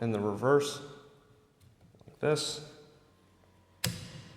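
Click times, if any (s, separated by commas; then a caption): 3.8 s. A new windshield wiper blade with a plastic adapter is slid onto the wiper arm hook of a 2018–2024 VW Tiguan while someone talks. A sharp snap is heard at 3.8 s as the blade seats onto the arm.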